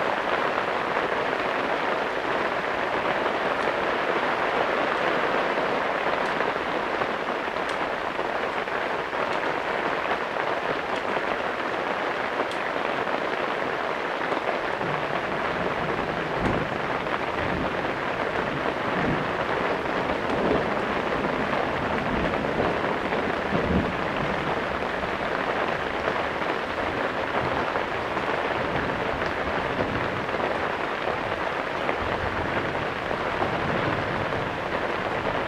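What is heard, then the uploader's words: Heavy rain pours down steadily for the whole stretch, a dense, even hiss that never lets up. From about fifteen seconds on, low rumbling swells of distant thunder roll underneath, strongest around sixteen to twenty-four seconds, before settling back into the constant downpour. Thunderstorm. It is a short section of Thunder and Heavy Rain. Pounding rainstorm.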